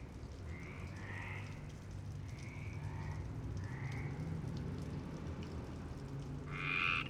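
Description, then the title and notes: Frogs croaking, short raspy notes repeated in a loose chorus over low rumbling background noise, with a louder harsh sound at the end. Frogs in Parc Longchamp, Marseille, Provence-Alpes-Côte d'Azur, France, 26 March 2011 at 19:35, recorded with a MixPre-6 and Basic UCHO. "Marseille, Provence-Alpes-Côte d'Azur, France - 26_03_11_19_35 Longchamps_004 grenouilles. Grenouilles au parc de Longchamp MIXPRE 6 + BASIC UCHO"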